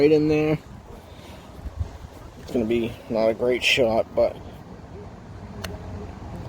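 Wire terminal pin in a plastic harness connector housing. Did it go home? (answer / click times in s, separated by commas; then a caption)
released / 5.7 s. Needle-nose pliers pull lightly on a wire terminal pin inside the plastic wiring harness connector housing of a 2011 Dyna Street Bob motorcycle's handlebar, while someone talks over a low background hum. At 5.7 s the terminal releases with a small, sharp click and pops out about a quarter inch, freed from the connector.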